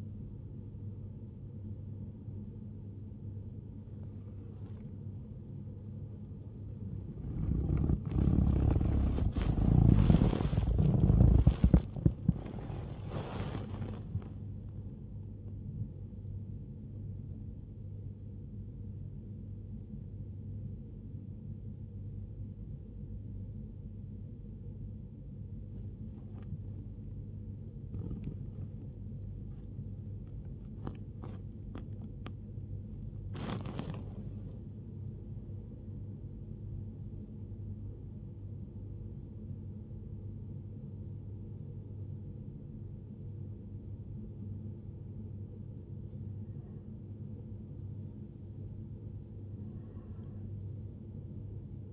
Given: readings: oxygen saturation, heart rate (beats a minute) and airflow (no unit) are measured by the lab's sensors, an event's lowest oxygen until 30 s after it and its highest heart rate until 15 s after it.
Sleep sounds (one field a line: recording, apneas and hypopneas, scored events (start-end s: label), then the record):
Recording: breathing in sleep by a smartphone at the bedside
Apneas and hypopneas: 1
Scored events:
27.00-42.60 s: hypopnea (N1, oxygen 92% highest, then 89% lowest, heart rate 78 at the start, 91 highest)
From the record:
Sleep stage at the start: N1 (lightest sleep)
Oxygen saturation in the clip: 89 to 92%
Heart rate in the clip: 60 to 91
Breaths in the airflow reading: 13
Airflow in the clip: -10.5 to 11.2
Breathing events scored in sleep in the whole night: 103 in 8.4 hours asleep